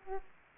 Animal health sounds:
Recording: mosquito wingbeat signal from an infrared sensor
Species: Aedes aegypti

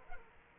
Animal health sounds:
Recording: mosquito wingbeat signal from an infrared sensor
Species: Aedes aegypti

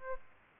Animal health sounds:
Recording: mosquito wingbeat signal from an infrared sensor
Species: Aedes albopictus

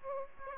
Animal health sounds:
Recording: mosquito wingbeat signal from an infrared sensor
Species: Aedes aegypti

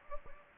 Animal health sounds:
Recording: mosquito wingbeat signal from an infrared sensor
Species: Anopheles gambiae

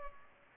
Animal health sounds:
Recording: mosquito wingbeat signal from an infrared sensor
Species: Culex pipiens

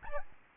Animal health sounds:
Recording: mosquito wingbeat signal from an infrared sensor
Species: Aedes albopictus

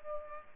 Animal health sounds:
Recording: mosquito wingbeat signal from an infrared sensor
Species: Culex pipiens

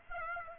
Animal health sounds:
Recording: mosquito wingbeat signal from an infrared sensor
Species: Aedes aegypti

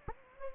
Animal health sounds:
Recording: mosquito wingbeat signal from an infrared sensor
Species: Anopheles gambiae

